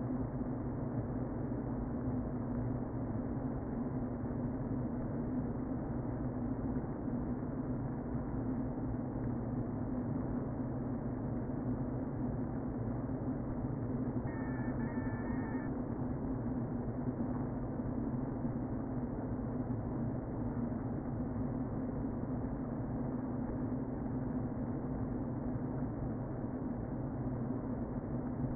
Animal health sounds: honeybee colony, microphone inside the hive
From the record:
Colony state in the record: queen present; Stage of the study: before two queens were removed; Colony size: about 60,000 bees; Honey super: yes

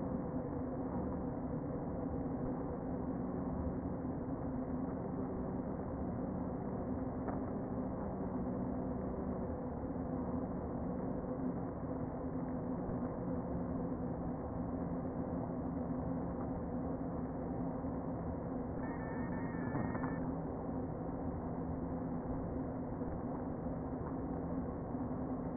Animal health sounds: honeybee colony, microphone inside the hive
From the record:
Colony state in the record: queen present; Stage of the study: before two queens were removed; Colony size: about 60,000 bees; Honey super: yes

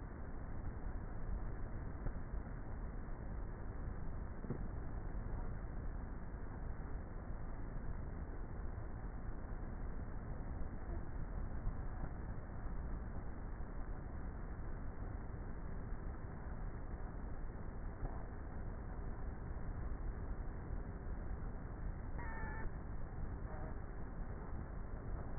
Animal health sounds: honeybee colony, microphone inside the hive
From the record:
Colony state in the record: queenless with a low population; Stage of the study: before two queens were removed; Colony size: about 30,000 bees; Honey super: no

